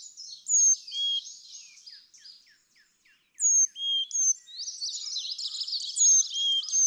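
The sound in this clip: Carolina chickadee song of sweet whistled notes stepping between high and lower pitches, among scratchy chips and dense high twittering.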